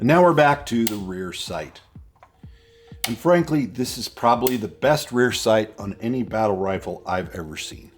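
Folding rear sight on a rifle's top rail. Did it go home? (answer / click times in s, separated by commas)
no / none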